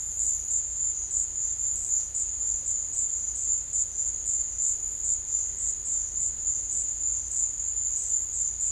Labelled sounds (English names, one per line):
none